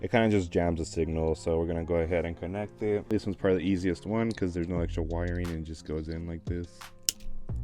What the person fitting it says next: and it clicks on